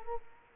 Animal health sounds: mosquito wingbeat signal from an infrared sensor; Culex quinquefasciatus

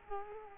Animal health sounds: mosquito wingbeat signal from an infrared sensor; Culex quinquefasciatus

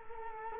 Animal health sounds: mosquito wingbeat signal from an infrared sensor; Culex quinquefasciatus

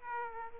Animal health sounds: mosquito wingbeat signal from an infrared sensor; Aedes aegypti

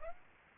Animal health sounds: mosquito wingbeat signal from an infrared sensor; Aedes aegypti

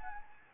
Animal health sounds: mosquito wingbeat signal from an infrared sensor; Anopheles gambiae

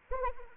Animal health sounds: mosquito wingbeat signal from an infrared sensor; Anopheles arabiensis

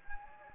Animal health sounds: mosquito wingbeat signal from an infrared sensor; Anopheles gambiae

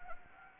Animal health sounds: mosquito wingbeat signal from an infrared sensor; Anopheles gambiae

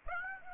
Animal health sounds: mosquito wingbeat signal from an infrared sensor; Aedes aegypti

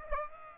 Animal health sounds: mosquito wingbeat signal from an infrared sensor; Aedes aegypti

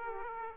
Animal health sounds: mosquito wingbeat signal from an infrared sensor; Aedes aegypti

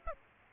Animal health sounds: mosquito wingbeat signal from an infrared sensor; Aedes aegypti

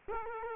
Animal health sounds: mosquito wingbeat signal from an infrared sensor; Culex quinquefasciatus

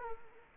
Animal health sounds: mosquito wingbeat signal from an infrared sensor; Culex quinquefasciatus

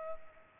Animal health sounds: mosquito wingbeat signal from an infrared sensor; Culex pipiens

